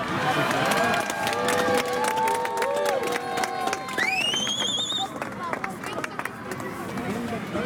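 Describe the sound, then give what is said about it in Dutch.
A large crowd cheers and shouts steadily, with whistles and rising horn-like tones cutting through the dense roar of many voices and scattered claps, seeing off the Netherlands national football team before the World Cup. “Het uitzwaaien van het Nederlands elftal.”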